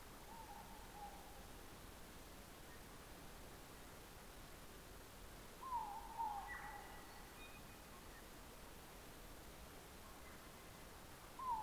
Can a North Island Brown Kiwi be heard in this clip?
no